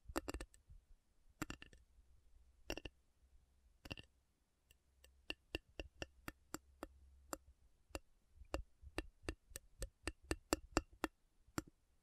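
Slow tapping on metal, sharp bright clicks in small clusters at first, then steadier single taps quickening slightly toward the end over a faint low hum.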